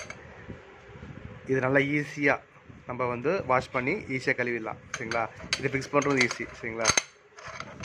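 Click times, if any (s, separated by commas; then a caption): 7.6 s. A washed, removable part of a hand-press juicer is refitted into the juicer body while someone talks. A sharp click at 7.6 s marks the part locking into place, with a few other small clicks and knocks close by.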